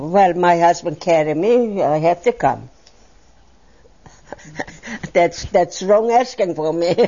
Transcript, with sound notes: Well, my husband carried me. I had to come. ( she laughs ) That's wrong asking for me.